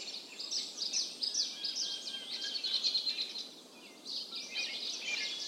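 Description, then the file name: Birds chirping and twittering, many short high notes overlapping in quick bursts from several birds, with a brief lull before they resume, over a steady background hiss. Birds calling in a mountain forest. "Tieng chim keu trong rung nui"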